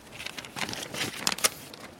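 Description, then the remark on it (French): A sheet of paper with a doodled drawing rustles and crinkles as it is handled, a series of irregular, crisp bursts that grow sharper toward the end, with no voices. “Regarde, je l'ai griffonné sur ma feuille.”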